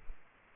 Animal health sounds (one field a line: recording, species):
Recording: mosquito wingbeat signal from an infrared sensor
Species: Culex quinquefasciatus